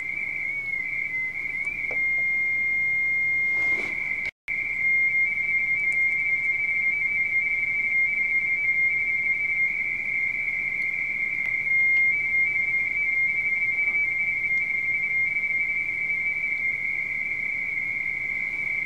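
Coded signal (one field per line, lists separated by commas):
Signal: RTTY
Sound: continuous warbling two-tone teleprinter chatter around 2 kHz, with one brief cut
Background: radio static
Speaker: That's a lot of people calling. That's biblical there.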